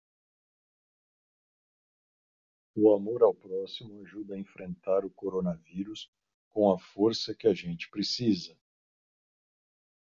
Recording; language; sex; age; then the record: spoken sentence; Brazilian Portuguese; male; 50 to 59 years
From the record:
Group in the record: control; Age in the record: 56 years